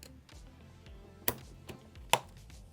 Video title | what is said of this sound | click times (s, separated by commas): I Built My Friend ANOTHER Gaming Computer... | All right, that one wasn't the most satisfying click, but uh it's in there. | 1.3 s, 2.1 s